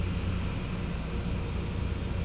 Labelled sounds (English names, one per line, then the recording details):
none
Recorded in pastures near Puerto Asís, Putumayo, Colombia, on 16 December 2024 at 14:00
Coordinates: 0.505, -76.324
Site G063